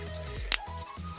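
On a 1:8 scale Ford GT40 model car kit from Altaya, a plastic part is pressed onto the small locating pegs of the car body. It gives a short, sharp click at 0.5 s over a steady low tonal background, as the part clips in and seats.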